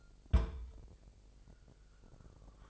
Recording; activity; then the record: daily activity, microphone in the room; place on stove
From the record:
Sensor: 5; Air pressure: 999.6 hPa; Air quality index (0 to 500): 221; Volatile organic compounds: 20 ppm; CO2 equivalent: 2699 ppm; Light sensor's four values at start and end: 30/68/28/27 and 30/69/28/28